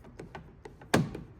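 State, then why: Seated. A screwdriver drives the retaining screw of the door handle mechanism back into a Hummer EV car door, with a few light ticks before a sharp, loud click at 0.9 s. The click confirms the screw has seated home.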